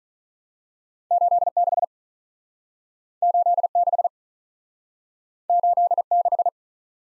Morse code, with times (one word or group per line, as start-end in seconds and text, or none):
1.1-1.5 8
1.6-1.8 6
3.2-3.7 8
3.8-4.1 6
5.5-6.0 8
6.1-6.5 6